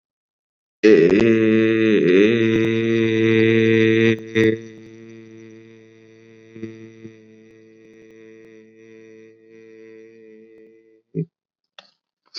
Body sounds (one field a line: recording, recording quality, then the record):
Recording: sustained vowel as in made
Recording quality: excellent, no background noise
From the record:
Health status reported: COVID-19 positive, mild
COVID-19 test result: positive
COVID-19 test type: RT-PCR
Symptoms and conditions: cough, fever, fatigue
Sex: male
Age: 26 years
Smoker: no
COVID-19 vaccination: both doses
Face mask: worn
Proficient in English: yes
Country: India